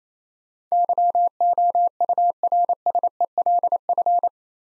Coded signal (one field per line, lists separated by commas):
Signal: Morse code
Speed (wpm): 27 wpm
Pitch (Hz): 700 Hz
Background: none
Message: YOURSELF